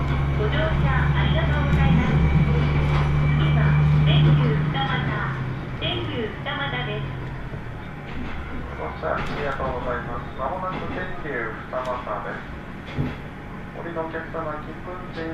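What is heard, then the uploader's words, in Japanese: Aboard a Tenryu Hamanako Railway train, a loud low engine drone eases after five seconds while people talk steadily over the rolling rumble. 天竜浜名湖鉄道 都田→天竜二俣。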